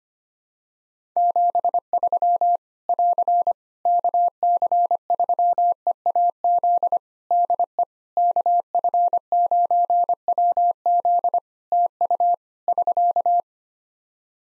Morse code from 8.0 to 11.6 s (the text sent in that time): KF9WZ